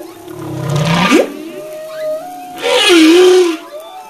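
Humpback whale song: a low groan sliding upward into a whoop, a quiet tonal pause, then a loud, rolling moan that bends down and levels out.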